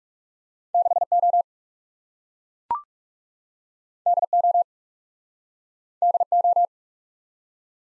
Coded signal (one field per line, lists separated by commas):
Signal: Morse code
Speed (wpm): 40 wpm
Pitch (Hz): 700 Hz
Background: none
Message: 6 O D O D O